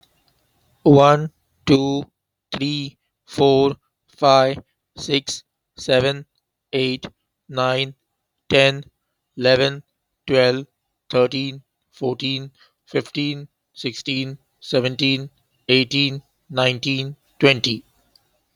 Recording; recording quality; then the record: counting at a normal pace; excellent, no background noise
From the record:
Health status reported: healthy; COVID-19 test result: not tested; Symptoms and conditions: cold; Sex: male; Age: 40 years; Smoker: not ticked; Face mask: worn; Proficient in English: yes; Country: India